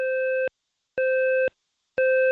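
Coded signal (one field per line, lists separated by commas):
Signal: alarm pattern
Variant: temporal 3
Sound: harsh buzzy half-second alarm tones pulsing on and off, three heard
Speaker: There's my first round of tones.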